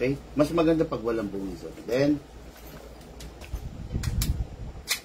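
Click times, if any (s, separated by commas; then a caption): none. Someone talks, then a gas magazine is handled at the grip of a 2011 Hi-Capa airsoft pistol, with short knocks and scrapes around 3.2, 3.4, 4.0 and 4.2 seconds. The magazine is not yet home and nothing has seated or clicked. It has to go in firmly, because a softly pushed magazine can seem locked when it is not.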